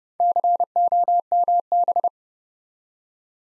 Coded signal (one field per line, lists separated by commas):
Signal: Morse code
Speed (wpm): 30 wpm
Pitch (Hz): 700 Hz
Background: none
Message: COMB